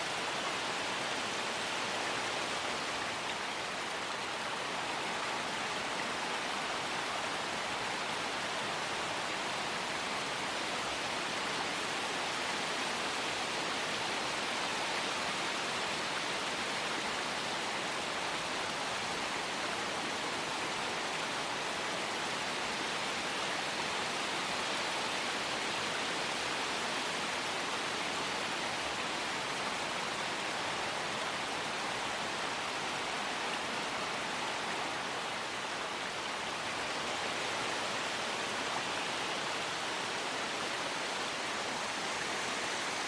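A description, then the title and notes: Wind rushes through trees in a dense, steady roar that barely changes over the whole stretch, with a hissing, leafy brightness on top. Slight swells come around five seconds and again near thirty-five, but the sound never drops or pauses. Wind In The Trees White Noise.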